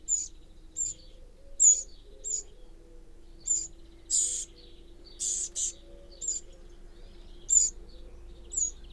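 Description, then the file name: Eurasian wren ticking in high, short notes at irregular spacing, interrupted midway by a few broader, noisier bursts. "Troglodytes troglodytes"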